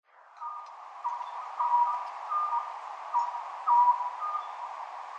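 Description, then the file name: Oriental scops owl giving soft hollow notes in repeated short phrases over a quiet hissing background. Recorded at Nikko on 2 June 2012. "konoha nikko abe"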